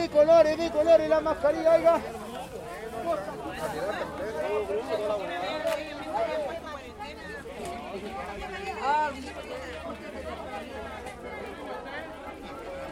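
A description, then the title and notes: Sellers and customers talk over each other in a Chilean food market, one voice loud at first, then a steady crowd babble. Chilean food market walkthrough. Interactions of the local rotatory food market in Calama, Chile. You can hear the sellers offering their's differents products and the interaction with clients, as I walked thourght the market. Recorded by Diego Villalobos S.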